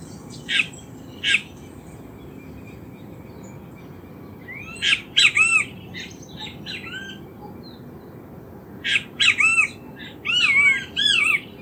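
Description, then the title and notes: Great kiskadees calling in loud bursts of harsh, downward-arched squawks, grouped in quick clusters separated by pauses, over faint low background noise. Ambient recording of several great kiskadees calling near the Iyuí stream, Casavalle, Montevideo, Uruguay, on 7 October 2019. "Benteveos de Casavalle. Sonido ambiente con canto de Benteveos. Recopilado el 7 de octubre de 2019 en las inmediaciones de la cañada Iyuí (Casavalle, Montevideo - Uruguay)"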